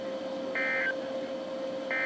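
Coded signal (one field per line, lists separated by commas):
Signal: Emergency Alert System (SAME) tones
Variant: end-of-message bursts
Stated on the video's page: NOAA Weather Radio Severe Thunderstorm Warnings received on a Midland WR120b weather radio.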